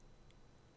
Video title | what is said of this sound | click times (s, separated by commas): Jeep Key Fob Battery Replacement (Jeep Gladiator, Wrangler JL) | you should hear a small snap when it's locked into place | 0.3 s